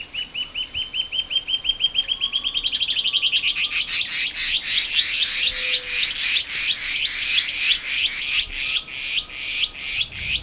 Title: LuckyPassaro Completos2Sama. Band-tailed Antbird (Hypocnemoides maculicauda)